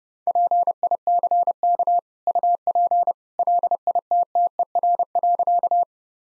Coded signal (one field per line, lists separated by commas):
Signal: Morse code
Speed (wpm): 32 wpm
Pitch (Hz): 700 Hz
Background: none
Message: PICK UP LITTER.